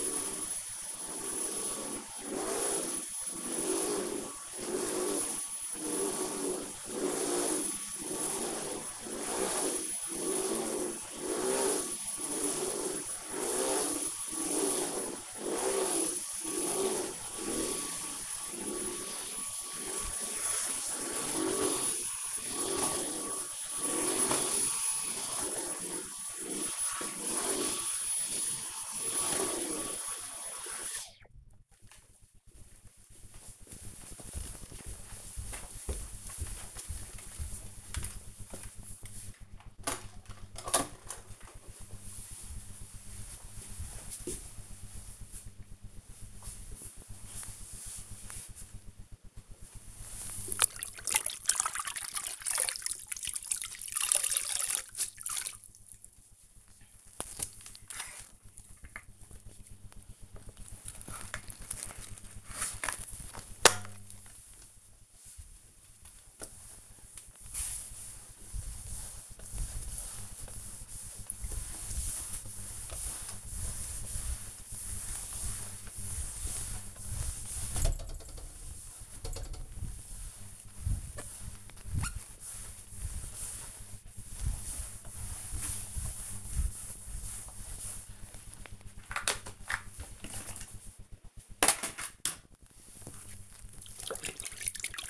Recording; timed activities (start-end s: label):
household activities, microphone on the right wrist
0.00-31.71 s: vacuum cleaning
48.80-95.10 s: floor cleaning